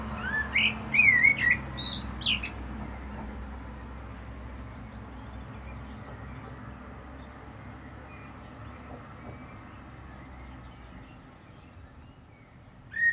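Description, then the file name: Common blackbird delivers one rich whistled phrase closing in a high squeaky flourish, followed by a long stretch of low background hum, with another note starting at the very end. "Turdus merula"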